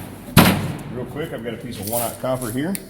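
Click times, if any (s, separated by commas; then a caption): 0.4 s. A drill guide bushing is pushed into a drilling jig and rotated until it clicks and locks in place, with a sharp click at 0.4 s. Someone talks afterward. The bushing is seated.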